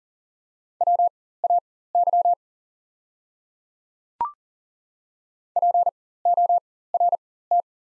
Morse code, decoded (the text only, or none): WAY PORT